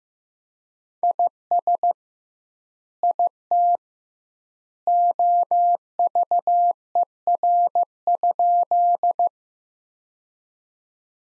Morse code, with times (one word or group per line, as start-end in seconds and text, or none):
1.0-1.9 IS
3.0-3.8 IT
4.9-9.3 OVER?